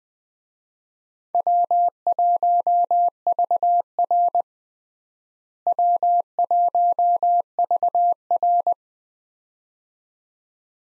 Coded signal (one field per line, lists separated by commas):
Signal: Morse code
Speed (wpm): 20 wpm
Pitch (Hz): 700 Hz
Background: none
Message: W1VR W1VR